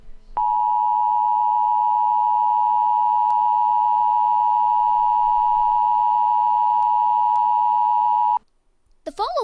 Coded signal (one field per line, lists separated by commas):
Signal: Emergency Alert System (SAME) tones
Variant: 853 and 960 Hz attention tone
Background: speech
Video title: EAS Mock - Black Mesa Research Facility Explosions (Still using Bandicam...)